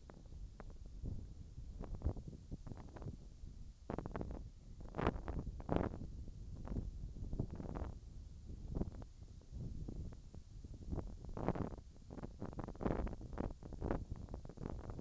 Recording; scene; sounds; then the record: everyday scene through a hearing-aid microphone; wind on the microphone; wind, whistling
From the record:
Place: in front of a rural house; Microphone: in the ear canal, left